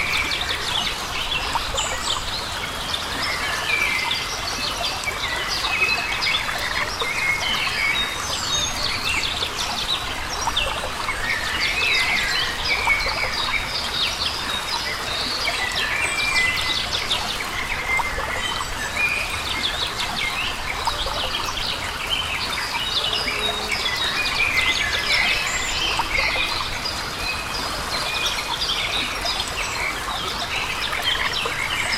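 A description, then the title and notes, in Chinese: A babbling stream runs steadily throughout, a dense, even rush of water with no pauses. Birds chirp and tweet over it almost constantly, many short bright calls overlapping, with no other sounds standing out. 潺潺流水、啾啾鸟鸣。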